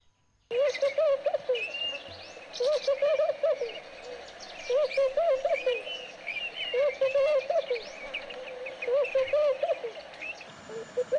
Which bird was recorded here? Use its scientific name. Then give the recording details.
Streptopelia senegalensis. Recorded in northern Uganda